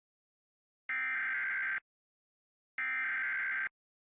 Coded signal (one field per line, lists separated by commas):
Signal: Emergency Alert System (SAME) tones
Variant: header bursts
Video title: (EXTREMELY RARE!!!!) EAS #2,338 - #2,339: 2 LOCAL AREA EMERGENCY ALERTS FOR MADISON COUNTY NEBRASKA!